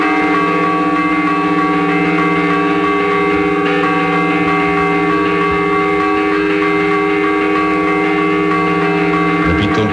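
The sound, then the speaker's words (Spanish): A church bell of the church of San Juan Bautista in Yuncos, comarca de la Sagra, Toledo, is tolled by hand, its loud, metallic ringing blending into a steady, humming wash of overtones that lingers without pause for the whole stretch, with no voices. “En este instante es el que tañe esta campana que estamos escuchando ahora mismo desde la iglesia San Juan Bautista en Yuncos, comarca de la Sagra, Toledo.”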